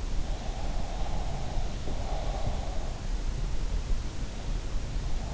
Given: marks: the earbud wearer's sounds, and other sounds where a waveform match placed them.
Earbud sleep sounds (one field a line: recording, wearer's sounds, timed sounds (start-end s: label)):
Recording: sounds in sleep by an in-ear microphone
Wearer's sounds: breath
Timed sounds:
0.40-2.73 s: breath